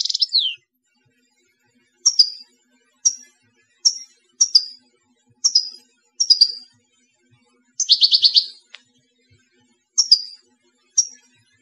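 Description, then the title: European goldfinch: a slurred opening note, then sharp high chirps at about one-second intervals and one buzzy trill. "Chant Chardonneret"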